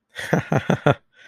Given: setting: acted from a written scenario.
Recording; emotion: vocal sound without words; amusement